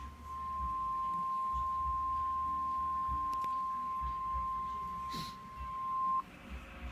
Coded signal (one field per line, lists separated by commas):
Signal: Emergency Alert System (SAME) tones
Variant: 1050 Hz attention tone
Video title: EAS #293 - Flash Flood Warning